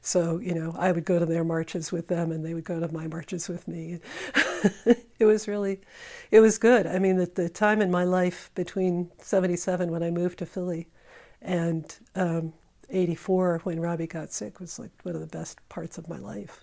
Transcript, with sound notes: So, you know, I would go to their marches with them, and they would go to my marches with me. [laughter] It was really—it was good. I mean, at the time in my life between '77 when I moved to Philly and '84 when Robby got sick was like one of the best parts of my life.